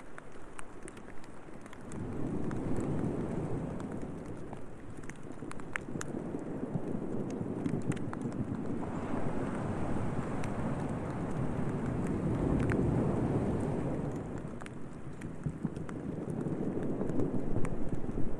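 Waves break over rocks in slow swells, a rushing low roar that builds around 2 seconds, again near 9 and 12 seconds, and once more toward the end. Light rain adds faint scattered ticks and taps throughout, with a steady hiss between surges.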